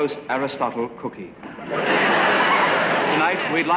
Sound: soundbite of laughter

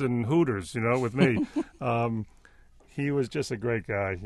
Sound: soundbite of laughter

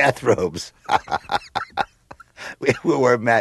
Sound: soundbite of laughter

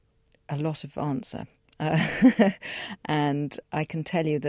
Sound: soundbite of laughter

